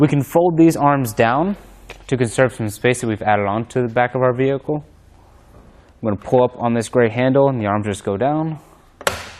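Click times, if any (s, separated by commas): 9.1 s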